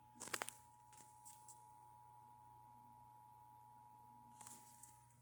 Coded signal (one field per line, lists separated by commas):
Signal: Emergency Alert System (SAME) tones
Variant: 853 and 960 Hz attention tone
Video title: A random EAS code thingy.